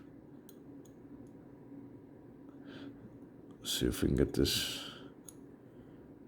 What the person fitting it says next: and we can twist until we lock in there we go i heard that little click